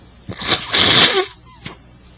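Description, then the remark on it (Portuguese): A single forceful sneeze from a person with the flu, with a short sharp intake before it, a bright noisy burst that fades out, followed by a faint sniff. “Vocês vão ter que ter uma paciência comigo, a minha gripe não está boa ainda, eu tenho uns intervalos aí para espirrar, limpar o nariz, essa coisa toda.”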